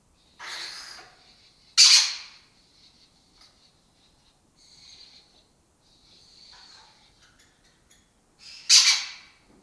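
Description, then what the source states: Lesser kestrel harsh, rasping calls in short loud bursts, with softer chattering notes between them and quiet gaps. Colony nesting in an abandoned building in Doñana; migratory raptor that forages in West Africa and breeds in southern Europe.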